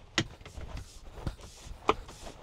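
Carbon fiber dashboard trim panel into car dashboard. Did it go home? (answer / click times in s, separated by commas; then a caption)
yes / 0.2 s, 1.9 s. A replacement carbon fiber dashboard trim panel for a Tesla is tucked under the dash flange, shifted side to side and pressed until its clips snap into the dashboard. Two sharp snaps ring out at 0.2 s and 1.9 s, with fainter handling knocks and rustles between them. The panel is seated in the dash.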